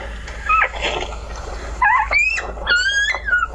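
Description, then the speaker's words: Gray wolf pup whining: several high, thin, harmonic whimpers, some rising or falling, in short bursts with brief pauses. First pup born in a litter of four, whining just after birth. "So this is the first puppy born? Yes, yes. And it's already whining."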